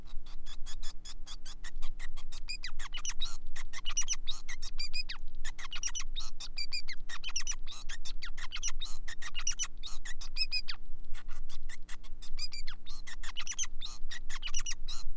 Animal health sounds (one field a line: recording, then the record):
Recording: song of a male Bengalese finch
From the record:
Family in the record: son of father 5